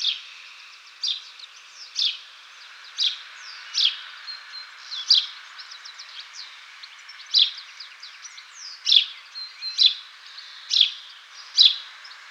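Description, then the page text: House sparrow chirping: a run of bright, clipped chirps about every second, over quieter twittering. "House Sparrow Call - Quick Sounds"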